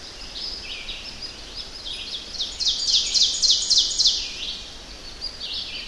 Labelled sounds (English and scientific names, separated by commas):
Ovenbird (Seiurus aurocapilla) song